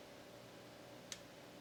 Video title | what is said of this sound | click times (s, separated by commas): BLU VIVO XL4 SIM Card and SD Card Installation | and then it pops in. | 1.1 s